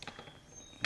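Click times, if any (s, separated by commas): 0.8 s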